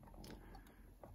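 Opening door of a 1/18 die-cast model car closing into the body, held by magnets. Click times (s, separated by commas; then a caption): 0.2 s, 0.3 s. The passenger door of a 1/18 AUTOart Signature McLaren MP4-12C die-cast model car is lined up and closed into the body, where small magnets in the door and sill pull it home. It clicks shut at 0.2 s and 0.3 s, seating flush, with another brief tick near 1.0 s.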